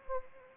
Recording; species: mosquito wingbeat signal from an infrared sensor; Anopheles arabiensis